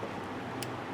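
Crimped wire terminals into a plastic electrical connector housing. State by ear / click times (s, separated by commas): seated / 0.6 s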